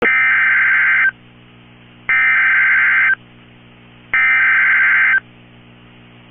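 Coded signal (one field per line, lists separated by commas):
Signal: Emergency Alert System (SAME) tones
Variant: header bursts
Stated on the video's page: Valid EAS tones for a tornado warning.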